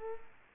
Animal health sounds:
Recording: mosquito wingbeat signal from an infrared sensor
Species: Culex quinquefasciatus

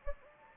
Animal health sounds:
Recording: mosquito wingbeat signal from an infrared sensor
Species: Anopheles gambiae

